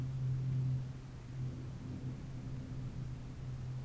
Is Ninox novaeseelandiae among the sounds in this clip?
no